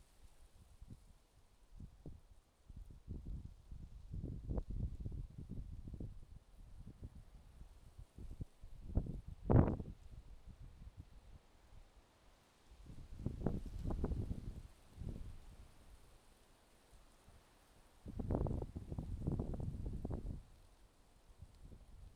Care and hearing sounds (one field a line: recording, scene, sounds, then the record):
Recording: everyday scene through a hearing-aid microphone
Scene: wind on the microphone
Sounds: wind, traffic, birds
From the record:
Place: suburban garden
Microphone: in the ear canal, left